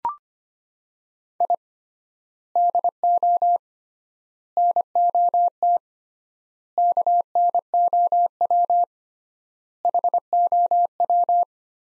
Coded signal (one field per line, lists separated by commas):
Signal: Morse code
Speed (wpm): 25 wpm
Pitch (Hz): 700 Hz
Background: none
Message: I DO NOT KNOW HOW